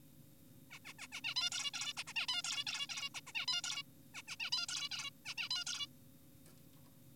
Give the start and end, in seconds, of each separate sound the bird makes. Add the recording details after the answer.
0.71-0.79, 0.85-0.93, 0.99-1.08, 1.12-1.21, 1.24-1.34, 1.36-1.50, 1.52-1.71, 1.74-1.93, 1.97-2.04, 2.07-2.13, 2.16-2.26, 2.28-2.42, 2.44-2.64, 2.67-2.87, 2.90-3.09, 3.15-3.21, 3.27-3.32, 3.35-3.46, 3.48-3.62, 3.64-3.83, 4.14-4.22, 4.28-4.36, 4.40-4.50, 4.52-4.66, 4.69-4.89, 4.92-5.10, 5.26-5.34, 5.38-5.49, 5.51-5.64, 5.67-5.87. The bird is an adult. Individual g4p5U